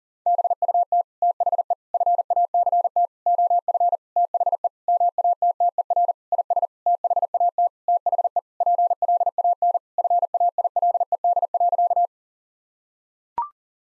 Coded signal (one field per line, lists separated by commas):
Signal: Morse code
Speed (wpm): 40 wpm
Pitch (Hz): 700 Hz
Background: none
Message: BUT THE FACT OF THE MATTER IS THAT THE PLAN FAILED.